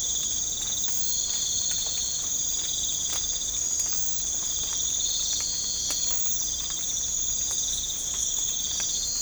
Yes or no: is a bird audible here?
no